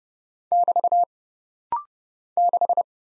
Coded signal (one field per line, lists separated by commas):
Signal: Morse code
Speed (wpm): 31 wpm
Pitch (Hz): 700 Hz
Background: none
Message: <BT> 6